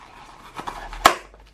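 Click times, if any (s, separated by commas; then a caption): 1.1 s. A magnet-held hatch or canopy on a foam SonicModell AR 600 mini FPV wing is pressed down onto the airframe, held by rare-earth magnets. After some faint handling noise, a single sharp, loud click rings out at 1.1 s as the hatch snaps into place. The hatch is seated.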